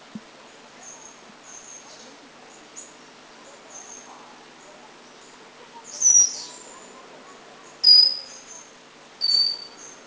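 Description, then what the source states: Pygmy wren-babbler calls: three very high, thin whistled notes, well spaced, following a quiet stretch with faint background hiss. Recorded at Doi Inthanon in northern Thailand.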